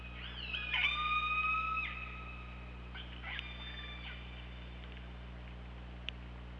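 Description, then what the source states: Killer whale calls: a loud, drawn-out harmonic call with stacked overtones lasting over a second, then fainter broken calls follow, all above a steady low underwater drone. Underwater hydrophone recording from OrcaLab, made on 24 August 2017 at 21:18.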